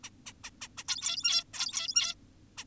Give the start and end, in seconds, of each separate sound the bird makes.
0.04-0.10, 0.26-0.33, 0.44-0.50, 0.62-0.68, 0.78-0.84, 0.88-1.44, 1.54-2.15, 2.58-2.64